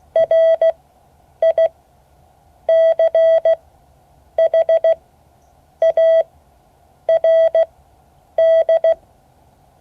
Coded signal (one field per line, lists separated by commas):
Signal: Morse code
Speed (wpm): 16 wpm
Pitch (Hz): 650 Hz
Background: none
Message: RICHARD